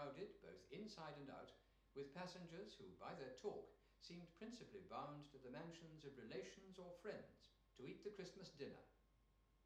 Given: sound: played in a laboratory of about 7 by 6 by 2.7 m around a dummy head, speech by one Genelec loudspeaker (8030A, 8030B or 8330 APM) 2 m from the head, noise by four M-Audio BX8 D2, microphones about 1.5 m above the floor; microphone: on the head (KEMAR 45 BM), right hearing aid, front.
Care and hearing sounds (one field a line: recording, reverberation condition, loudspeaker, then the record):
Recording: male speech in English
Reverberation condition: medium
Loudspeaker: 120 degrees to the right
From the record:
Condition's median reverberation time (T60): about 510 ms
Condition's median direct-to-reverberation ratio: about -0.5 dB